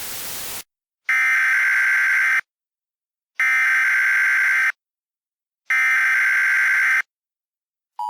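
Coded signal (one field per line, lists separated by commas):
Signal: Emergency Alert System (SAME) tones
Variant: header bursts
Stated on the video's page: Simulated mock alert, voiced recreation.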